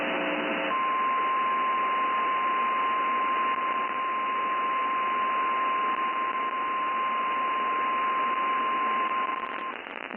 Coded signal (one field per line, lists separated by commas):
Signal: Emergency Alert System (SAME) tones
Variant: 1050 Hz attention tone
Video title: JUNE'S FINAL ALERTS... EAS Alerts from 6/28/23 - 6/30/23 (EAS #2,629 - 2,644)